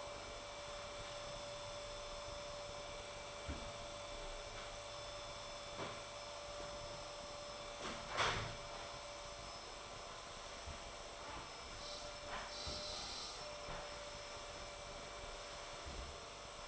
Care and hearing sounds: daily activity, microphone in the room; vacuum cleaning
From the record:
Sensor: 5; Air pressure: 1007.8 hPa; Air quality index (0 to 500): 95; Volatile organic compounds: 1 ppm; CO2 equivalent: 748 ppm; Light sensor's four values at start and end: 37/87/35/36 and 37/86/35/35

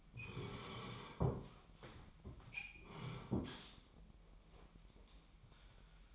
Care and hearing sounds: daily activity, microphone in the room; sit down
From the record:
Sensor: 1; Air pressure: 998.6 hPa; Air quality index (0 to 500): 118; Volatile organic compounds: 3 ppm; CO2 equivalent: 1408 ppm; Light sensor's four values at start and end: 7/18/7/8 and 7/18/7/9

